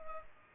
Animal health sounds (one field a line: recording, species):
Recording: mosquito wingbeat signal from an infrared sensor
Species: Culex pipiens